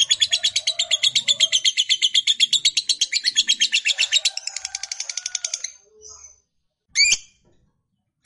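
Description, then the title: Lovebird delivering a rapid, high buzzy chattering trill that runs for nearly six seconds, followed by a couple of short sharp chirps. Fighter-type lovebird giving a long chattering call. "Suara Lovebird FIGHTER NGEKEK PANJANG"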